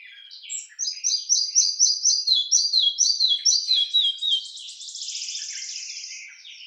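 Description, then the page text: Red-breasted flycatcher singing a bright, rhythmic run of paired high notes dropping gradually in pitch, ending in a long hissing, buzzy trill. "Ficedula parva - Мухоловка малая"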